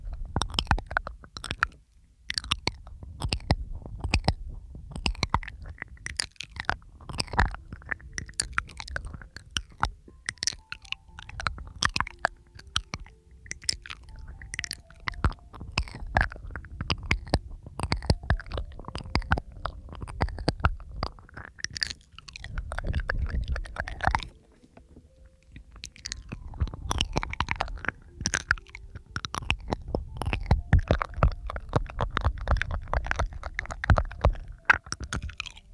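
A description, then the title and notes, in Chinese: Mouth sounds: wet clicks, smacks and crunchy, chewing-like snaps packed tightly together. The crackle runs nearly nonstop with uneven rhythm, easing in a few spots and dropping to near silence for about a second around the 24-second mark before resuming just as dense. 又是新鲜口腔声asmr。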